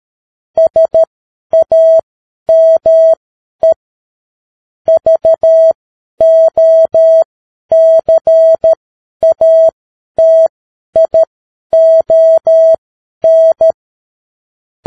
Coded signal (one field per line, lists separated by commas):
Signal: Morse code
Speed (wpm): 13 wpm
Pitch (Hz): 650 Hz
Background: none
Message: SAME VOCATION